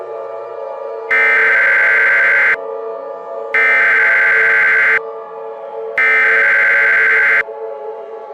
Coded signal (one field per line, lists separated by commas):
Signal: Emergency Alert System (SAME) tones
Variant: header bursts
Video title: Mini EAS Scenario - The Devil's Terror War